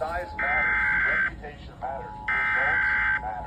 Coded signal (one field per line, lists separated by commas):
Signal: Emergency Alert System (SAME) tones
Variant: header bursts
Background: speech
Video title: EAS #220-222 - Georgia Required Monthly Test (May 2026) #eastest #georgia #eas #emergencyalertsystem